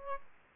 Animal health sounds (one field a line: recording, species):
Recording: mosquito wingbeat signal from an infrared sensor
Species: Aedes aegypti